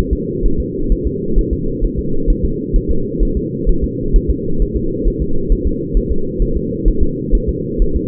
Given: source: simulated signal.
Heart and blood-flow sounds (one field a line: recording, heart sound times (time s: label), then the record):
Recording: fetal heart sounds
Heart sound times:
0.13 s: S2
0.45 s: S1
0.60 s: S2
0.92 s: S1
1.07 s: S2
1.39 s: S1
1.53 s: S2
1.84 s: S1
1.99 s: S2
2.30 s: S1
2.45 s: S2
2.76 s: S1
2.91 s: S2
3.23 s: S1
3.37 s: S2
3.69 s: S1
3.84 s: S2
4.16 s: S1
4.31 s: S2
4.62 s: S1
4.77 s: S2
5.08 s: S1
5.22 s: S2
5.52 s: S1
5.67 s: S2
5.97 s: S1
6.12 s: S2
6.42 s: S1
6.57 s: S2
6.88 s: S1
7.03 s: S2
7.35 s: S1
7.49 s: S2
7.82 s: S1
7.96 s: S2
From the record:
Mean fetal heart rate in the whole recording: 130 bpm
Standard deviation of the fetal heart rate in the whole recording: 2 bpm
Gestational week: 38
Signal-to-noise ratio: -8.1 dB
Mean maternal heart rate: 72 bpm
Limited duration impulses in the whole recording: absent